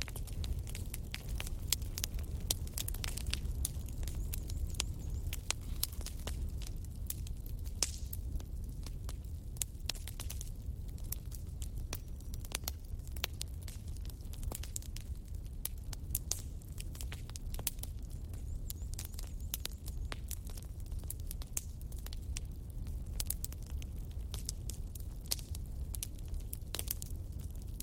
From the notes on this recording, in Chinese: 舒缓的营火声音和自然大自然氛围